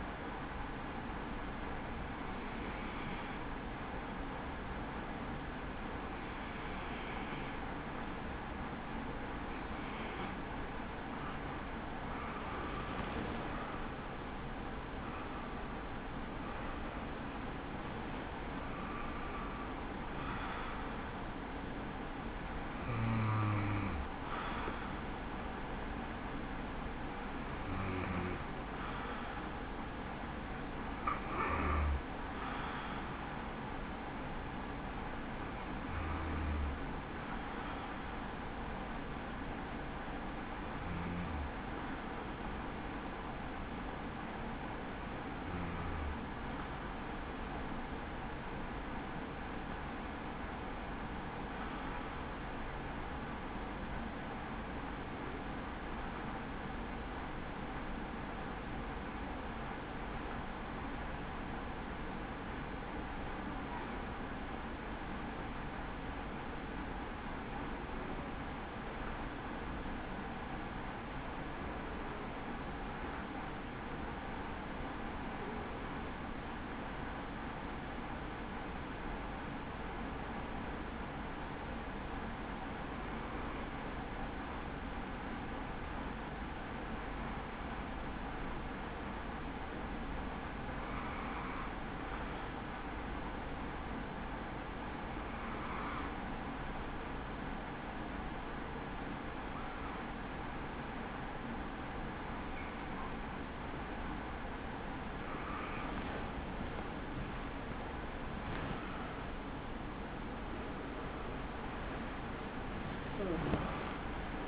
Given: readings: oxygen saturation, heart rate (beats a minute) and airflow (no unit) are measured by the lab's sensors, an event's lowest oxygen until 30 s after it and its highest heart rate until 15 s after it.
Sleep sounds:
breathing in sleep by a voice recorder at the bedside; 1
36.00-106.80 s: hypopnea (N2, oxygen 96% highest, then 91% lowest, heart rate 67 at the start, 87 highest)
110.00-114.48 s: new sleep stage, N1 (lightest sleep)
From the record:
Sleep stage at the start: N2 (light sleep); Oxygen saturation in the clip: 91 to 96%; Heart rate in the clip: 58 to 85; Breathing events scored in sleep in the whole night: 160 in 9.3 hours asleep

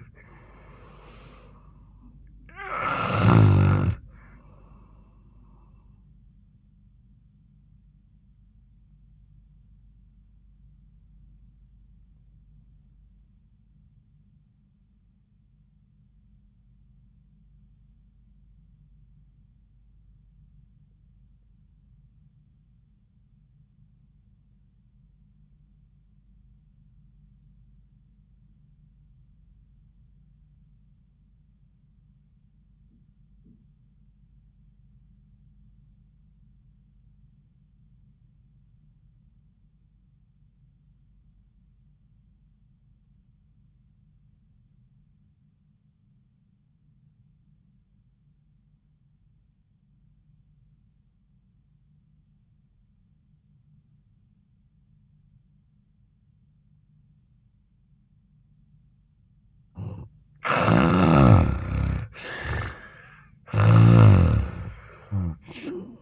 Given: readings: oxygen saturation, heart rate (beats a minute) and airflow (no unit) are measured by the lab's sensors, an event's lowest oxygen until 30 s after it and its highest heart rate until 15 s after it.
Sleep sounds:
breathing in sleep by a smartphone at the bedside; 1
13.00-60.90 s: obstructive apnea (REM, oxygen 95% highest, then 67% lowest, heart rate 82 at the start, 85 highest)
From the record:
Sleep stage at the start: REM sleep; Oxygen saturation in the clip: 73 to 95%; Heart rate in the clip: 60 to 85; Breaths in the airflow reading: 4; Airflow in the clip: -6.3 to 4.1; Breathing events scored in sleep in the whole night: 400 in 8.7 hours asleep

